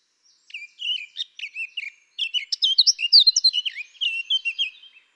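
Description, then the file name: Eurasian blackcap singing: a quiet, hurried warble of short chattering notes leading into a loud, rapid flourish of bright whistles lasting about three seconds. "Sylvia atricapilla"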